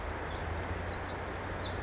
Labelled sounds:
Pacific Wren (Troglodytes pacificus)
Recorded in Sonoma County, California

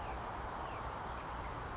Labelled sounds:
California Towhee (Melozone crissalis)
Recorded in Sonoma County, California

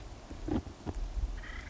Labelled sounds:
Acorn Woodpecker (Melanerpes formicivorus)
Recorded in Sonoma County, California

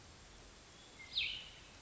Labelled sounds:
Cassin's Vireo (Vireo cassinii)
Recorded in Sonoma County, California

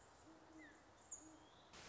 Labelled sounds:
Great Horned Owl (Bubo virginianus)
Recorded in Sonoma County, California

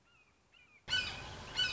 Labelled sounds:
Red-shouldered Hawk (Buteo lineatus)
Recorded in Sonoma County, California

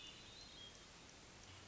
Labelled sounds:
Hermit Thrush (Catharus guttatus)
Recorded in Sonoma County, California

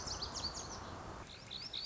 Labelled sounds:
Lazuli Bunting (Passerina amoena)
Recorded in Sonoma County, California

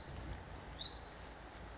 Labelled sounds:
Hutton's Vireo (Vireo huttoni)
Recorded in Sonoma County, California

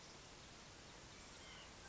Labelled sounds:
White-breasted Nuthatch (Sitta carolinensis)
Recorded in Sonoma County, California

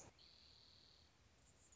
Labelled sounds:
Anna's Hummingbird (Calypte anna)
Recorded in Sonoma County, California

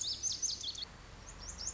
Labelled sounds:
Lazuli Bunting (Passerina amoena)
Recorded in Sonoma County, California

